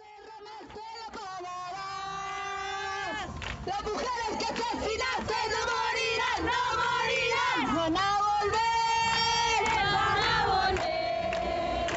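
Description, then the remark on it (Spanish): A large crowd at a women's protest march, marching for women who have been killed, chants and shouts together, many voices layered into a loud, continuous roar with rising and falling pitch, sustained for the whole stretch. “Ella sale a marchar hoy por las que ya no están y porque el día de mañana no haya ni una menos.”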